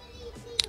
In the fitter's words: push until you hear the click sound, the plug top, the cover, you hear click,